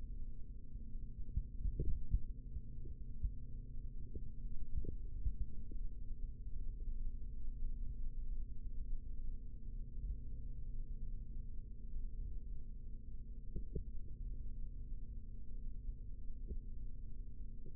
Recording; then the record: forearm muscle sounds (acoustic myography)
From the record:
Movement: rest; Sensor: system 3, bracelet of six PUI Audio POM-2738L microphones around the upper forearm, with dedicated amplification and filtering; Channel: 1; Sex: male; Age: 25 years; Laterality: right